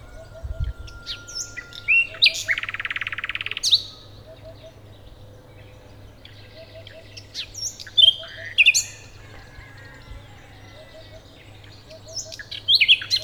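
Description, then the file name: Common nightingale song opening with a long, steady pure whistle, then a harsh buzzy rattle, and later quick varied chirps and slurred notes over a faint low hum. "Luscinia megarhynchos"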